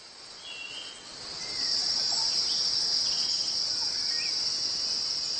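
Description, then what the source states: Cicada giving a harsh, continuous high-pitched drone that swells in loudness after about a second and a half, then holds steady, with faint scattered chirps. Males give special courtship calls in the courtship season as warm sunshine returns, made by vibrating abdominal tymbal membranes; harsh to human ears; males moult into new skins to find mates.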